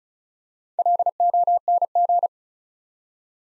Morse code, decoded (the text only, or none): LONG